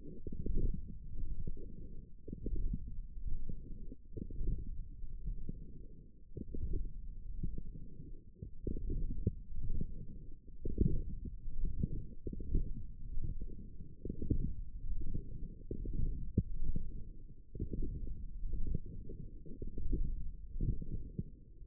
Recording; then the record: forearm muscle sounds (acoustic myography)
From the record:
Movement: forearm pronation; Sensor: system 1, eight BSWA MPA416 microphones around the upper forearm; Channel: 4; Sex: female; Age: 22 years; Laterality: right